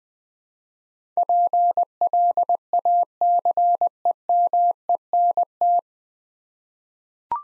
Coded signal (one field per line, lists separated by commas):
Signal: Morse code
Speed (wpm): 20 wpm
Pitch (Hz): 700 Hz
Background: none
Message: PLACEMENT